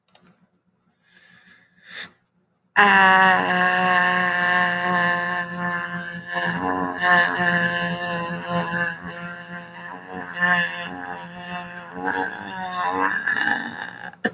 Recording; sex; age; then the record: vowel held as long as possible; female; 30 to 39 years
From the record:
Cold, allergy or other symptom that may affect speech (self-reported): no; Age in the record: 30 years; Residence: California, United States